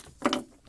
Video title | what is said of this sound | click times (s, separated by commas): [L67] Trioving D12 Scandinavian Round Cylinder Lock - pick and gut | kind of clicks into place some reason | 0.3 s